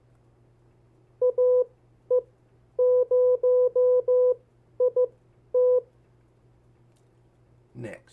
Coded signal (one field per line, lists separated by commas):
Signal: Morse code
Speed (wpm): 15 wpm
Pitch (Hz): 500 Hz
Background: speech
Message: AE0IT